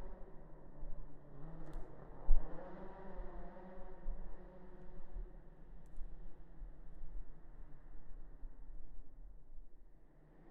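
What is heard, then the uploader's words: Tires roll and hum steadily, with a low droning tone that rises and falls in pitch as speed changes, swelling around the second and fourth seconds. A brief knock lands near two seconds, and a constant low rumble runs beneath, heard from inside the vehicle. Brandon Semenuk testing tires in Travis Pastrana's Subaru just out side of Shelton, WA. Testing my new field recording setup with a boom pole and ORTF setup I made the night before. Trying out different polar patterns, angles and placements. Sound Designs 744t recorder set at 48/24 DIY shock mounts and boom pole.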